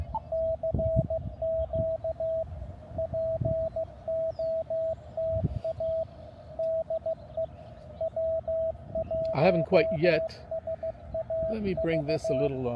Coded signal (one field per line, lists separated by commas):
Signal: Morse code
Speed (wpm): 16 wpm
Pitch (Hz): 650 Hz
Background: speech, radio noise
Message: CQ POTA DE W1SAV